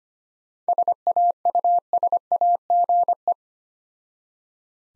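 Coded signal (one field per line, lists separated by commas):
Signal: Morse code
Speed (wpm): 25 wpm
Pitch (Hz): 700 Hz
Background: none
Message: SAUSAGE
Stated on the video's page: Morse practice drill of difficult words with contextual hints, sent at 25 wpm.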